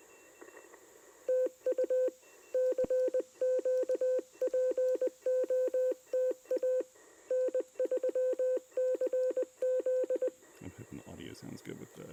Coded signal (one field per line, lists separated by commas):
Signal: Morse code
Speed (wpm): 20 wpm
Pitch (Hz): 510 Hz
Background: speech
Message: TU CQ POTA N3CZ